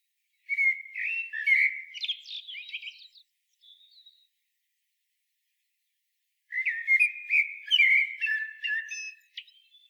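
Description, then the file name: Common blackbird singing two fluty, warbled phrases ending in high squeaky twitters, separated by a pause of a few seconds. "Turdus merula"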